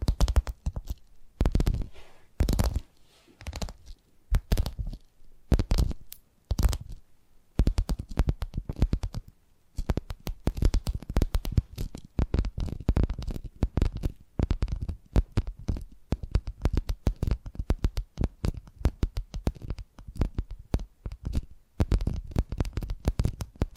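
Tapping triggers made of sharp, dry clicks and knocks, sparse and uneven for the first ten seconds with short silences between hits. After that the taps turn fast and dense, a near-continuous rattle of bright ticks over a soft low thump.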